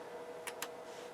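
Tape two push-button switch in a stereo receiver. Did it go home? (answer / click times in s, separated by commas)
no / none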